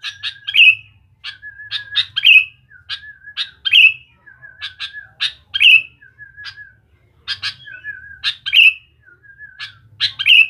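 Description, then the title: Sooty-headed bulbul singing clipped, high chirp bursts that each finish in a falling whistled note, with quieter wavering tones between phrases. "Kutilang"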